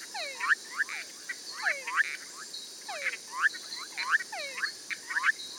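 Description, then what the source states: Frogs and treefrogs: frog chorus of short whistled notes sweeping up and down, several callers overlapping in quick irregular bursts against a steady high hiss. Frogs and treefrogs recorded in Costa Rica in November–December, edited and mixed into a short musical composition.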